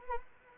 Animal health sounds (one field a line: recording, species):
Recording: mosquito wingbeat signal from an infrared sensor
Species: Anopheles arabiensis